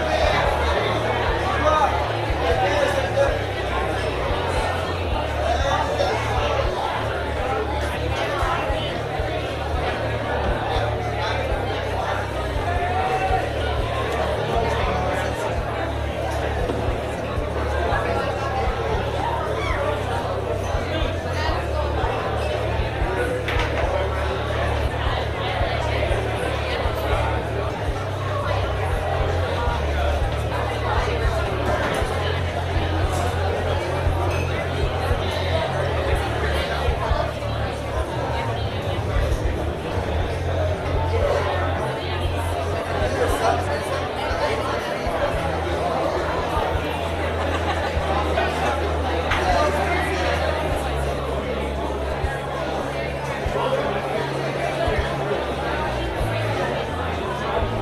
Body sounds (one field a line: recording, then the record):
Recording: background sound without coughing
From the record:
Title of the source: CITY SOUNDS Busy Bar in the Evening Night - 2 HOURS of Ambiance for Relaxation